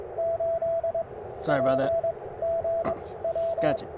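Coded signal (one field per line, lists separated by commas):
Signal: Morse code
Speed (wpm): 21 wpm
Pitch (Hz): 660 Hz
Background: speech, radio noise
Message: 8 PGW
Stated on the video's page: QRP CW Parks on the Air activation on 30 meters with an Icom IC-705 and PackTenna random wire antenna.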